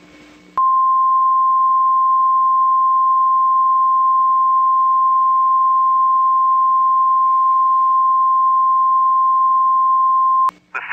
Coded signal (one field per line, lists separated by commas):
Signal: Emergency Alert System (SAME) tones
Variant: 1050 Hz attention tone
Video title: NOAA EAS TORNADO WATCH 3/31/23